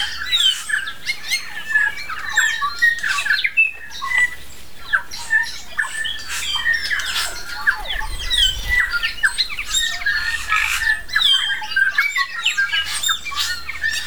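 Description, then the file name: New Zealand bellbirds singing in a dense chorus, overlapping bell-like notes and quick slurred phrases running almost without break, with a faint low hum beneath. Several birds singing together on Tiritiri Matangi Island. "New Zealand Bellbirds (Anthornis melanura) singing on Tiritiri Matangi Island"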